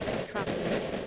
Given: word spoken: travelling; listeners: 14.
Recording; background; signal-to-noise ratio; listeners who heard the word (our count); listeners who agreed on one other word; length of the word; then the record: one English word in noise, from a listening test; noise modulated by three-talker babble; -6.0 dB; 0 of 14; 10 of 14; 0.67 s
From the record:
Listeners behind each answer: 10, 2, 1, 1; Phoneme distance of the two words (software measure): 14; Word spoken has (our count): 2 syllables, 7 phonemes, stress on syllable 1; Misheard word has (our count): 2 syllables, 5 phonemes, stress on syllable 1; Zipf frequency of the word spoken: 4.63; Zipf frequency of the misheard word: 4.82